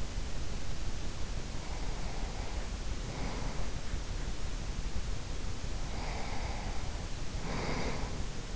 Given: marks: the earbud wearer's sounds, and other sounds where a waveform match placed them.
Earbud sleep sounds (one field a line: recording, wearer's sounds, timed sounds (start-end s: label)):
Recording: sounds in sleep by an in-ear microphone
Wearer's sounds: breath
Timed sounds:
1.25-4.69 s: breath
5.47-8.56 s: breath